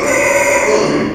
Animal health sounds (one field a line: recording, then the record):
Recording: squeal of a Yucatan mini pig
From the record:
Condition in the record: before surgery on the right vocal fold (resection and tissue-engineered implant)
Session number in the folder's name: 1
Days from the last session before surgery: -3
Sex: male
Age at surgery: 12 weeks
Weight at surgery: 13 kg